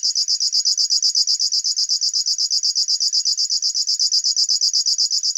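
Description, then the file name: River warbler song: steady, insect-like rhythmic ticking buzz of rapid pulses repeated without pause. "Schlagschwirl - Locustella fluviatilis"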